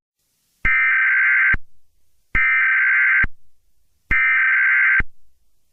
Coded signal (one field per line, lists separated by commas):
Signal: Emergency Alert System (SAME) tones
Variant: header bursts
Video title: Second Stonewall Riot: An EAS Mock